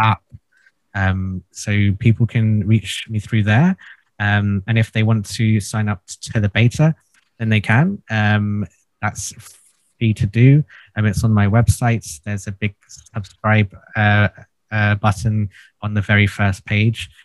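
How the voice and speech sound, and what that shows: A low-pitched adult male voice, a man who stutters, speaks in short phrases broken by frequent pauses, repeated 'uh, uh' fillers, a few stretched sounds and a broken repeated 'f-' start. These are mild stuttering disfluencies within otherwise largely fluent speech, in a man who had intensive stuttering therapy before age 18 and remains not fully fluent.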